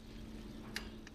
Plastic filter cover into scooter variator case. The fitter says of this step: Pay attention to this cover as well as it snaps into place.